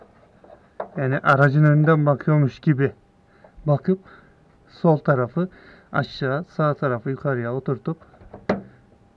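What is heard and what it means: A man talks while the second Photon LED bulb socket is placed left side down, right side up into the licence plate lamp housing of a 2020 Toyota Corolla. The socket is rotated and clicks into place at 8.5 s, seated.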